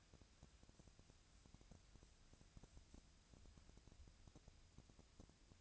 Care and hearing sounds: daily activity, microphone in the room; wipe stove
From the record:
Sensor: 2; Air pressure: 1000.3 hPa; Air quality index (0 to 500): 169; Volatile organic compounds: 3 ppm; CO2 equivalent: 1404 ppm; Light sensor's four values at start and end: 10/24/10/11 and 10/25/10/11

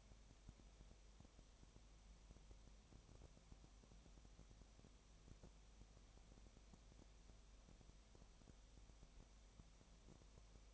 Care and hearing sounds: daily activity, microphone in the room; no activity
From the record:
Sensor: 1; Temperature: 19.7 degrees Celsius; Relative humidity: 37.1%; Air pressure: 1007.3 hPa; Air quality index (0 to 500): 144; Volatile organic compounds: 5 ppm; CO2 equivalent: 1763 ppm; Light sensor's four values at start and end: 1/2/1/1 and 1/2/1/1

